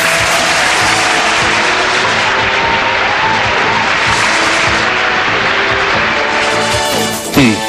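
applause

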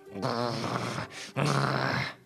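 large dog growling

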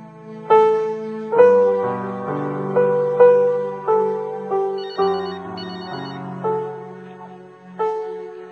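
telephone ringing

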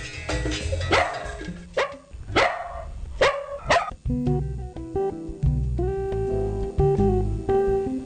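dogs barking

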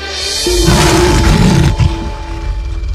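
lion roaring

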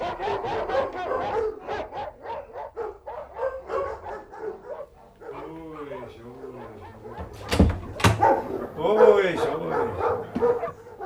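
dogs barking

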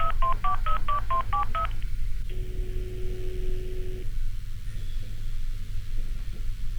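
telephone dialing

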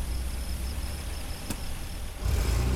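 car accelerating away

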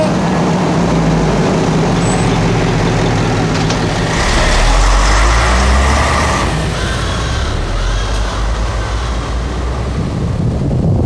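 bus arriving

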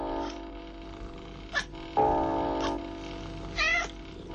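cat purring and meowing

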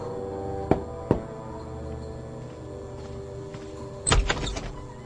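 door opening sound effect

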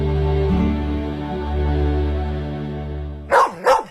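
dog barking

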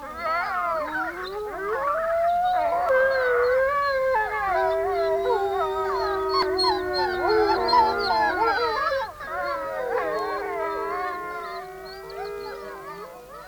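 wolves howling

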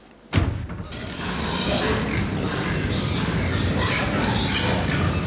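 door slamming shut

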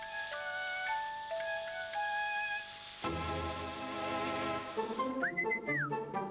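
person whistling

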